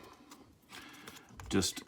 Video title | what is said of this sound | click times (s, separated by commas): Weed Whacker Trimmer Cutting String Gauge Size Change | just locks in place like that and i have it up here just a little bit but it doesn't really matter that much | 1.4 s